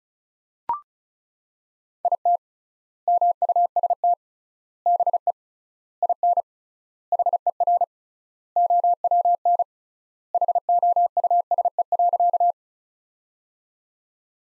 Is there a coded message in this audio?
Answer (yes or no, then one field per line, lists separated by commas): yes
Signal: Morse code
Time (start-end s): 2.0-12.5 s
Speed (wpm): 36 wpm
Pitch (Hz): 700 Hz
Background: none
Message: IT MUST BE IN HER OWN HOUSE.